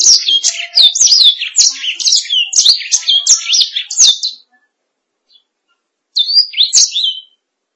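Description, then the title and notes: Canary sings a dense four-second stream of high, sweeping chirps, falls silent for over a second, then adds a brief whistled flourish. "BM Suara Kenari. BM Suara Burung Kenari"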